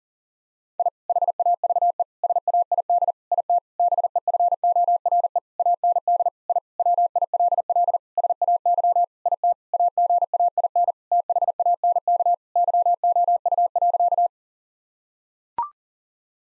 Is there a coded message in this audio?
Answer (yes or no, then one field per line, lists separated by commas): yes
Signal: Morse code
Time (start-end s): 0.8-14.3 s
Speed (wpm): 40 wpm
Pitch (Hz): 700 Hz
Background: none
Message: I HAVE SAID IT BEFORE AND I WILL SAY IT AGAIN THANK YOU.